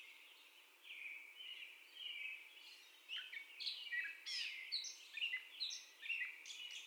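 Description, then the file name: Gray catbird song starting soft and scratchy, then growing louder with a run of sharp squeaks, slurred whistles and chatter in quick, irregular bursts. Catbird's first song, 30 May 2021. "2021-05-30 Catbird First Song"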